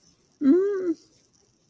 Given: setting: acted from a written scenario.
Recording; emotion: vocal sound without words; pain